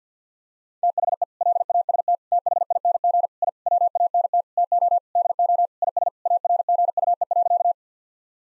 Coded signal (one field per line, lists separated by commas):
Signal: Morse code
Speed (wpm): 50 wpm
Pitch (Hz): 700 Hz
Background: none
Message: THE LAST THING I WANT TO DO IS ARGUE.